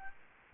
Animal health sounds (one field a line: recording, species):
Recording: mosquito wingbeat signal from an infrared sensor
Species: Aedes albopictus